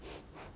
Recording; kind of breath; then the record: one breath in and out by a microphone near the nose and mouth; strong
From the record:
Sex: female